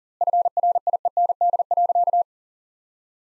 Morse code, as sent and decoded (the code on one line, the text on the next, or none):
..-. .-. .. . -. -.. .-.-.-
FRIEND.